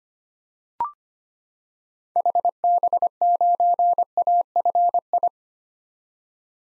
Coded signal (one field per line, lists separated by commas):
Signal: Morse code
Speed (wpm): 25 wpm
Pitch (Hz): 700 Hz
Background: none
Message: HB9AFI